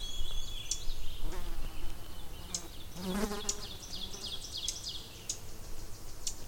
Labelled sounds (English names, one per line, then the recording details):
Ovenbird song
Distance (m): 110 m
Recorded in boreal forest in Alberta, Canada, on 20 June 2016 at 08:27
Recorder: SongMeter 3, array SBT-6-81
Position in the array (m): 164 m, 195 m
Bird 25